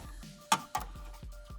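A wiring harness electrical connector is pushed by feel, out of sight, onto the AC compressor of a 2015 CR-V (4th gen, K24, AWD) while the engine wiring is refitted after a valve cover replacement. A sharp click at 0.5 s is followed by a second, softer sharp sound at 0.8 s over a low background hum. The connector clicks in and is confirmed seated.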